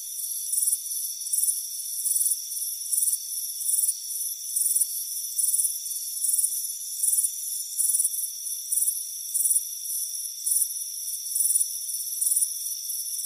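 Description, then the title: Crickets giving regular bright, pulsed chirps over a steady high insect drone. Crickets chirping on a warm afternoon on a front porch. "Soothing Crickets Chirping Sound"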